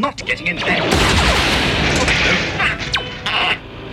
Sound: blaster fire